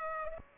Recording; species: mosquito wingbeat signal from an infrared sensor; Culex pipiens